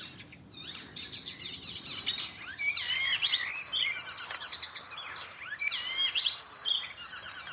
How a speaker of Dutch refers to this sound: Ja, ik denk dat voor veel mensen zal deze soort het eerst naar boven komen als het gaat om welke soort is nou de imitator der imitators. En dat is de spotvogel. Het zit al een beetje in zijn naam. Ja, hij spot inderdaad met de andere soorten